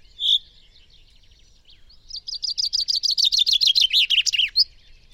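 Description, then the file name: Common chaffinch song: a single sharp note, then a fast run of bright chirps speeding into a descending trill that ends with a short flourish. "Fringilla coelebs"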